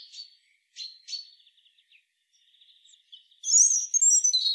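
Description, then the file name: European robin: soft scattered high notes and a thin faint trill, then a loud, rich burst of high tinkling songbird notes at the end. "Erithacus rubecula"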